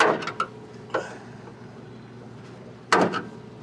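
On a 1988 Chevy IROC Z28 Camaro, the lower end socket of a hood lift strut is driven onto a painted ball stud with small taps. Sharp taps ring out near 0.0, 0.4 and 1.0 seconds. The socket seats onto the stud with a louder tap at 2.9 seconds, followed by a couple of lighter hits.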